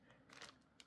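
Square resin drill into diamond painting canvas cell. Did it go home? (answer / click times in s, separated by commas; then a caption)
yes / 0.3 s, 0.8 s. A square resin diamond painting drill is dropped onto the adhesive canvas and pressed into its grid cell, seating with a little snap that crafters like. Short, sharp clicks are heard at 0.3 s and 0.8 s, and the second is louder.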